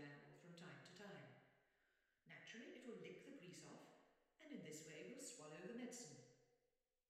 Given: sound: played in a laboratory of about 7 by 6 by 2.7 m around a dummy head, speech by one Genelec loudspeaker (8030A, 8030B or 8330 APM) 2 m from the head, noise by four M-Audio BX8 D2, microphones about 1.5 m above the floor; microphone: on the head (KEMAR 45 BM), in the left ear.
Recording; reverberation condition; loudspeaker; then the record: female speech in English; high; in front (0 degrees)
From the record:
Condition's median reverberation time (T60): about 1300 ms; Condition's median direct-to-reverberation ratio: about -4.0 dB